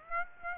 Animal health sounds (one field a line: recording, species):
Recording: mosquito wingbeat signal from an infrared sensor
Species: Aedes aegypti